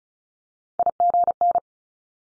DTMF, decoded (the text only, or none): none